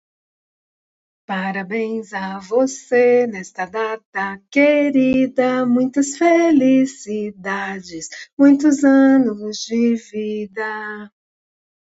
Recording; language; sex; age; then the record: short text; Brazilian Portuguese; female; 50 to 59 years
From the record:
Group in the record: control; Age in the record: 59 years